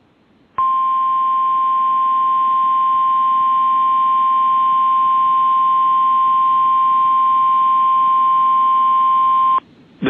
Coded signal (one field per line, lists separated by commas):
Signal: Emergency Alert System (SAME) tones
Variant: 1050 Hz attention tone